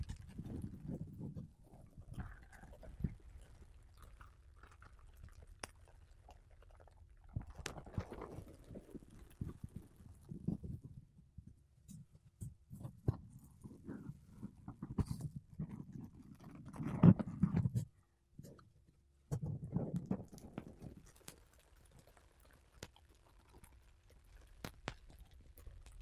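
Makeup brushes and a sponge rub across a microphone, making soft, low, muffled swishes and scratchy strokes in irregular bursts. Sharp little clicks and taps are scattered throughout, with a louder rustling stretch around seventeen seconds and a brief near-silence just after.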